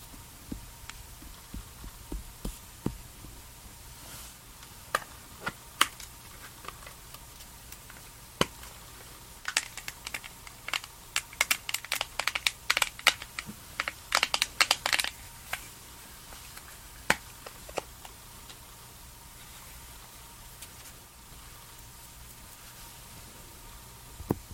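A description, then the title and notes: Skincare and makeup sounds: sharp clicks and taps, like lids and containers being handled, scattered throughout. They bunch into a quick flurry from about ten to fifteen seconds, then thin out again over a faint low hum. TimASMR-Doing Your Summer Skincare Routine and Makeup Sounds NO TALKING.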